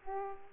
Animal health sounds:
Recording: mosquito wingbeat signal from an infrared sensor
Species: Aedes aegypti

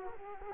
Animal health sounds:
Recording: mosquito wingbeat signal from an infrared sensor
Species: Culex quinquefasciatus

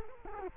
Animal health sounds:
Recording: mosquito wingbeat signal from an infrared sensor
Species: Culex quinquefasciatus

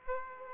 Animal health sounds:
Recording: mosquito wingbeat signal from an infrared sensor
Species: Aedes aegypti

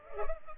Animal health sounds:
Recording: mosquito wingbeat signal from an infrared sensor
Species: Culex pipiens

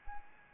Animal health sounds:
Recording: mosquito wingbeat signal from an infrared sensor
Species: Anopheles arabiensis

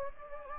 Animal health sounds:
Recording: mosquito wingbeat signal from an infrared sensor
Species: Anopheles gambiae

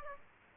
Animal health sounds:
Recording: mosquito wingbeat signal from an infrared sensor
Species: Aedes aegypti

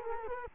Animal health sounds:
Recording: mosquito wingbeat signal from an infrared sensor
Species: Culex quinquefasciatus

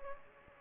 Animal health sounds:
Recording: mosquito wingbeat signal from an infrared sensor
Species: Aedes aegypti

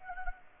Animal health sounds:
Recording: mosquito wingbeat signal from an infrared sensor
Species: Anopheles arabiensis

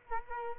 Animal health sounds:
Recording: mosquito wingbeat signal from an infrared sensor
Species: Culex quinquefasciatus

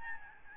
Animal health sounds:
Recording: mosquito wingbeat signal from an infrared sensor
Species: Aedes albopictus

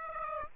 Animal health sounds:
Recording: mosquito wingbeat signal from an infrared sensor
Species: Aedes aegypti

